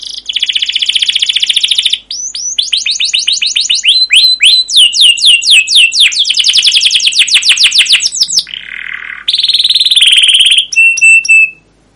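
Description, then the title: Canary song with a buzzy trill, then fast rolling sweeps of repeated notes, a lower rattling phrase and closing high whistled chips. Canary song used as a lure (pancingan) to train other canaries; long gacor song with cuit cuit chirps and ngerol rolling trills. "CUIT CUIT NGEROL LANGSUNG GACOR PANJANG Kenari Pancingan KENAR. Masteran Suara Burung Kenari Gacor Panjang cuit cuit Ngerol untuk Pancingan Kenari!"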